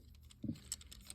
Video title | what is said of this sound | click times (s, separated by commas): Transformers 1 Step Changer Age Of Extinction Scorn And 1 Step Changer Cyberverse Wheeljack￼￼ | and pull them down until you hear that click. | 0.7 s